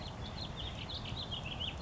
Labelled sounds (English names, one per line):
Warbling Vireo